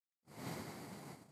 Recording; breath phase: one breath near a microphone; exhalation